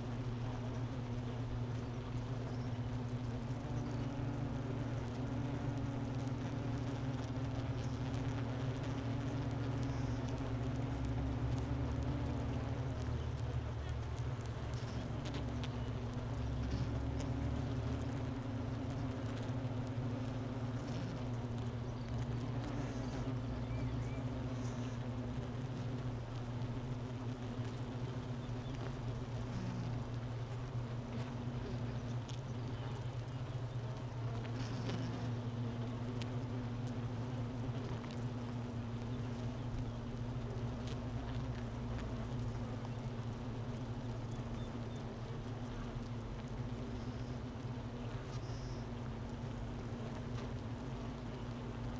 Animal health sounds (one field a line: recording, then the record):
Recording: honeybee colony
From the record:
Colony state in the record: missing queen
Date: 31 May 2018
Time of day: 10:25